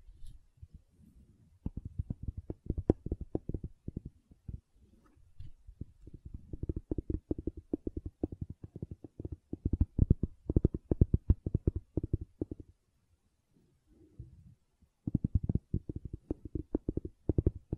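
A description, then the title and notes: Gentle silicone sounds: soft, rapid squishing and tapping in dense bursts, mostly low with some brighter clicks. Bursts run from about 2 to 12.5 seconds, pause briefly with faint movement around 14 seconds, then resume at 15 seconds. ASMR Gentle Silicon Sounds for Sleep (No Talking).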